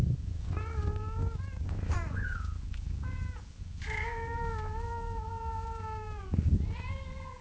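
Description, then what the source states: Cat meowing in a string of short calls, then a long, level meow lasting about two and a half seconds, and another meow at the end, over low rumble. Gently meowing and purring in long intervals.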